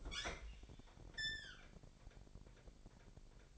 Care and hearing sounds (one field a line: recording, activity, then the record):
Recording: daily activity, microphone in the room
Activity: open fridge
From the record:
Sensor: 5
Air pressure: 1002.0 hPa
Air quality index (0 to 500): 211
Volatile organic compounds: 22 ppm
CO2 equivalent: 2745 ppm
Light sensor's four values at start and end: 10/23/9/10 and 11/25/10/12